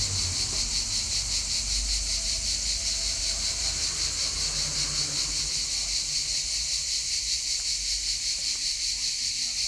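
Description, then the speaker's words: Cicadas give a continuous high, rapidly pulsing buzz from many insects that never pauses across the whole stretch. Early evening chorus, July 2018, in front of the old stone church Église Haute de Bonnieux, Bonnieux, Vaucluse, Provence, France; unprecedented heat wave, still very hot; cicadas heard round the clock, loudest in evenings. "So let's take a short trip to the Vaucluse on a hot summer night in 2018 and enjoy the chorus of the cicadas."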